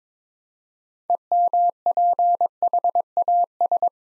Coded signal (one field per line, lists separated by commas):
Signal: Morse code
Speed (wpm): 22 wpm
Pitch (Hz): 700 Hz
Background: none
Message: EMPHAS